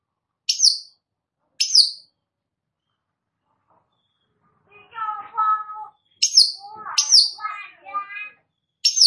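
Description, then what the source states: Long-tailed shrike song: sharp high chipping notes, a pause, then a varied run of lower, harmonic chattering phrases mixed with more shrill high notes. Cendet described as gacor, meaning singing vigorously.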